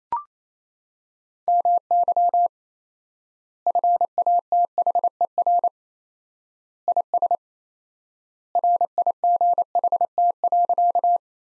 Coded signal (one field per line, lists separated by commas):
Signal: Morse code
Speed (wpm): 27 wpm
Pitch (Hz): 700 Hz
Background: none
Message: MY FATHER IS RIGHT.